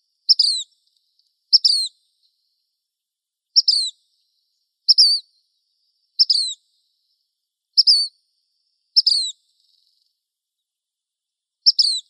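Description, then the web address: Black phoebe repeating crisp, high downslurred notes every one to two seconds, with a longer pause near the end; no other sounds. Arizona. "Flycatchers BLPH"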